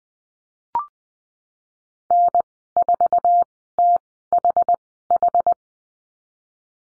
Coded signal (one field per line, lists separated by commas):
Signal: Morse code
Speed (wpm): 20 wpm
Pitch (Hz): 700 Hz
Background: none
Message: N4THH